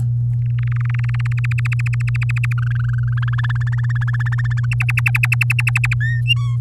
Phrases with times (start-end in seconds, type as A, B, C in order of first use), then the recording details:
0.46-1.53 A, 1.58-2.53 B, 2.58-3.35 C, 3.38-4.66 D, 4.71-5.94 E, 6.00-6.21 F, 6.26-6.56 G. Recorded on 8 May 2018 at 05:44. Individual llb16